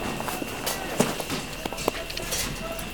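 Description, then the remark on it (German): Scattered hoof clops and shuffling footsteps, a few sharper knocks standing out against a low, steady background hum, irregular in rhythm as riders climb down from their horses at the town sign of Dodge City and tie the horses up. “Die Pferde binden wir hier so lange an.”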